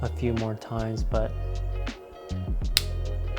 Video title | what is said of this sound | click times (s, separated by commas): Final Fantasy 7 Cloud Strife Harness build | nice click to it | 2.8 s